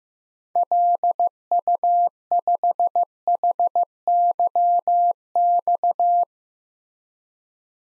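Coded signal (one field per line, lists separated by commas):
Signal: Morse code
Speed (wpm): 15 wpm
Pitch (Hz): 700 Hz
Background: none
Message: LU5HYX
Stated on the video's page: Generated Morse at 15wpm of six-character DXCC call signs for head-copy practice, each sent, spoken, then sent again.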